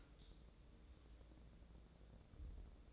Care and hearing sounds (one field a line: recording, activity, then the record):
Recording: daily activity, microphone in the room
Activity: open dishwasher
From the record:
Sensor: 3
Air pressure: 1012.3 hPa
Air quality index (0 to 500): 162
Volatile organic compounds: 2 ppm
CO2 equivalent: 1241 ppm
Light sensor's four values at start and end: 481/1180/486/480 and 475/1167/480/474